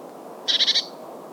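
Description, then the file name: Eurasian blue tit giving one short buzzy churr of four quick harsh notes, alone against a soft steady background hiss. "Cyanistes caeruleus"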